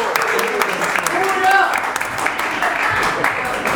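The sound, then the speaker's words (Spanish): Steady crowd applause fills the whole stretch, a dense wash of clapping with a few raised voices and whistle-like cheers rising briefly around the middle. “Ovaciones, abucheos, todo.”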